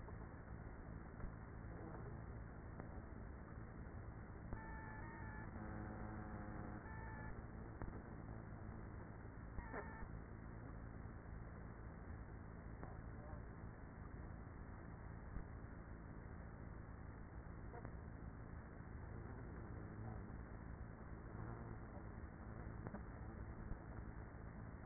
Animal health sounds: honeybee colony, microphone inside the hive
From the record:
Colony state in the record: queenless with a low population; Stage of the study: after two queens were removed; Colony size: about 30,000 bees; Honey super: no

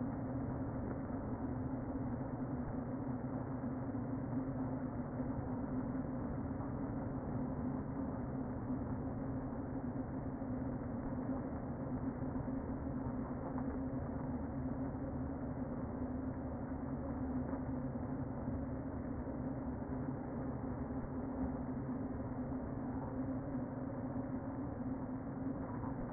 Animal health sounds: honeybee colony, microphone inside the hive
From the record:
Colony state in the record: queen present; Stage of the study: before two queens were removed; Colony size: about 60,000 bees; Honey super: yes

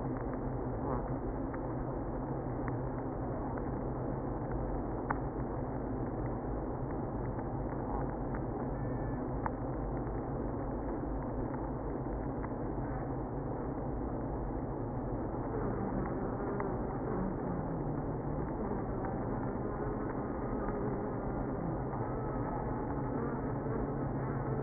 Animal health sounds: honeybee colony, microphone inside the hive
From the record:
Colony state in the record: queenless (queen removed); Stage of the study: after two queens were removed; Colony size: about 60,000 bees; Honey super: yes

